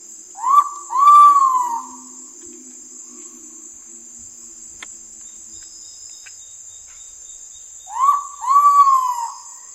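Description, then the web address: Ivory-breasted pitta giving a loud two-part whistle, a short rising note then a longer slurred falling one, heard twice over steady high insect buzzing. In Indonesia. "ULM-DS-Lab indonesian-bird-sounds. Pitta maxima"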